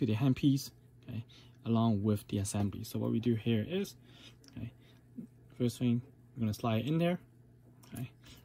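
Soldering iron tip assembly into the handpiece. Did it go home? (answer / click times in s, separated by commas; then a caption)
yes / 7.8 s, 8.0 s. Someone talks while a soldering tip and sleeve assembly is slid into the handpiece of a Hakko FX-951 soldering iron and pushed until it clicks. Two short clicks are heard at 7.8 s and 8.0 s as the assembly seats fully, since a tip that isn't fully inserted causes the iron's error.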